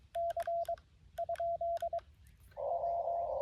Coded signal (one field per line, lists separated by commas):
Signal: Morse code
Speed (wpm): 22 wpm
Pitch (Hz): 680 Hz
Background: none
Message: C ? W